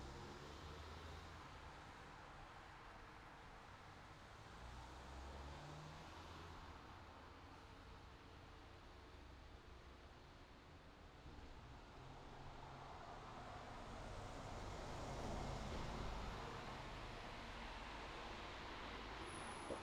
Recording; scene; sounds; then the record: everyday scene through a hearing-aid microphone; in traffic; traffic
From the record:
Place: city secondary road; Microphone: in the ear canal, left